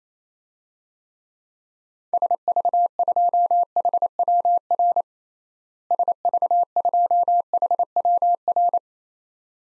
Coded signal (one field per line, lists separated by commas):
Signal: Morse code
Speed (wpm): 28 wpm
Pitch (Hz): 700 Hz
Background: none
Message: SV2HWR SV2HWR